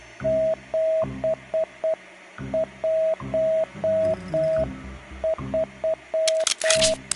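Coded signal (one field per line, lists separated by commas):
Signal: Morse code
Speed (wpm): 8 wpm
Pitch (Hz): 640 Hz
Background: music, radio noise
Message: 713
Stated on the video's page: Morse code heard in a PS4 VR game.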